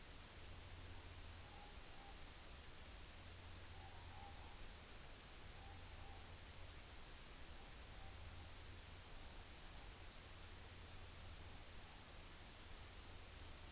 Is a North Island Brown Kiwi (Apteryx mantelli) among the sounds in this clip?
no